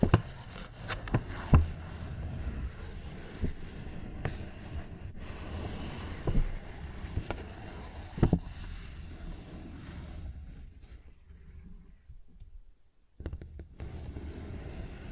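Paper bag being tapped and scratched, with sharp taps scattered through the first eight seconds, some hard ones near 1.5 and 8 seconds. A low rumbling rustle runs underneath, thinning out around 11 to 13 seconds before soft scratching returns.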